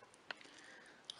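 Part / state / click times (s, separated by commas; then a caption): image sensor flex cable connector into camera main board socket / seated / 0.3 s, 1.1 s. The flex cable connector of a replacement CCD image sensor is pressed onto its main board socket inside a GoPro action camera, with two sharp clicks at 0.3 s and 1.1 s over a quiet background. The connector clicks in and is seated.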